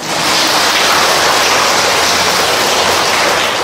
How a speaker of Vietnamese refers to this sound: Ở dưới đây nói thưa sư đúng quá, cho tràng pháo tay.